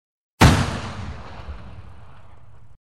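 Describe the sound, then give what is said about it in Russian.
A single loud shot from a hard-kicking rifle, not a Kalashnikov, cracks out sharply, followed by a long, rumbling decay that slowly fades over about two seconds. No voices are heard. “Ого, как конь легнул. Да, ребята, это не Калашников.”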